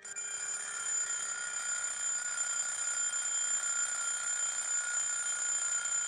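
A mechanical alarm clock rings without pause, a steady metallic bell clatter with bright, high tones that holds an even loudness for the whole stretch, with no voices.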